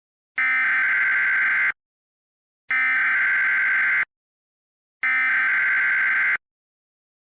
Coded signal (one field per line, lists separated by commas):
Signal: Emergency Alert System (SAME) tones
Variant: header bursts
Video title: EAS Mock: New york city flooding